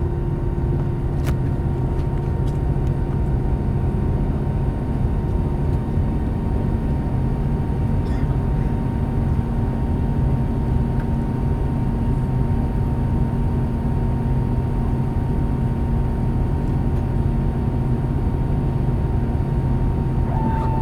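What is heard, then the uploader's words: A steady, loud low engine roar fills the takeoff at SJC, with a constant whine running through it and faint clicks scattered throughout. Takeoff At SJC.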